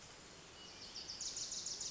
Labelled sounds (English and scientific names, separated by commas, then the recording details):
Wilson's Warbler (Cardellina pusilla)
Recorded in Sonoma County, California